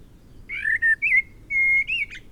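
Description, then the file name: Eurasian blackbird song: one rich whistled phrase of several mellow notes, including a steady drawn-out whistle, ending in a brief scratchy flourish. "Turdus merula"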